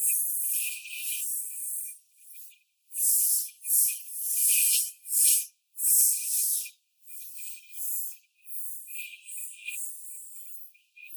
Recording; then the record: young laying hens in a cage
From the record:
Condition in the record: before the stressor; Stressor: simulated dog barking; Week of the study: 4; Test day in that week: 2